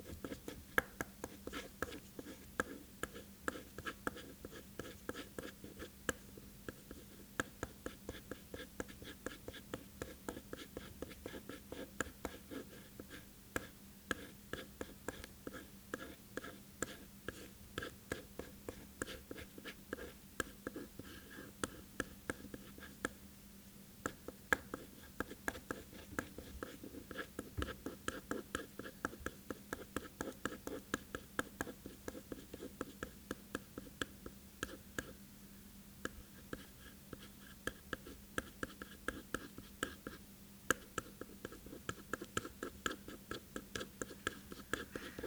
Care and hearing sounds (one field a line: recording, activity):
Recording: daily activity, guitar pickup as the sensor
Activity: write